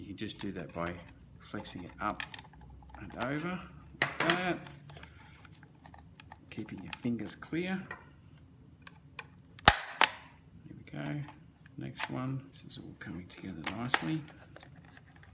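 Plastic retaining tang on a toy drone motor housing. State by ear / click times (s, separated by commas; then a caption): seated / 9.7 s. A small plastic retaining tang on a Syma X8 toy drone's arm or motor housing is flexed up and over its catch during a motor replacement, while someone talks. It snaps into place with a sharp click at 9.7 s, among a few fainter clicks, and the tang is seated.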